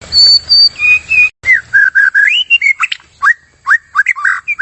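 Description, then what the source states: White-rumped shama song opening with long clear high whistles that step downward, followed by varied rising and falling whistled notes. Used as a lure (pikat); described as gacor, meaning singing actively and constantly.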